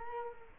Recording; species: mosquito wingbeat signal from an infrared sensor; Culex quinquefasciatus